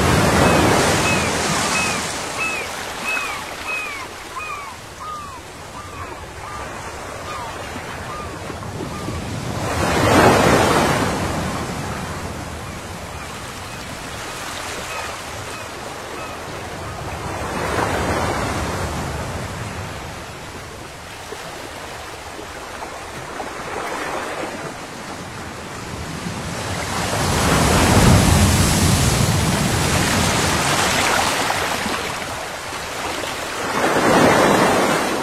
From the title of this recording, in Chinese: 海浪声